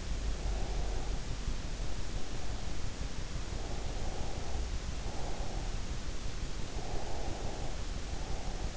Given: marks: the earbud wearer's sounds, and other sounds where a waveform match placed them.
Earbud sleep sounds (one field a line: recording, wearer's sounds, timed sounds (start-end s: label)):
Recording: sounds in sleep by an in-ear microphone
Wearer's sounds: breath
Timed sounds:
0.28-2.93 s: breath
3.56-5.76 s: breath
6.84-8.77 s: breath